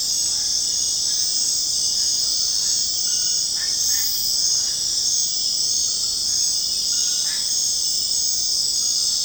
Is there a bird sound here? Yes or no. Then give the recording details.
no. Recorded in secondary vegetation near Puerto Asís, Putumayo, Colombia, on 29 June 2025 at 20:00. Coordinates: 0.484, -76.319. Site G074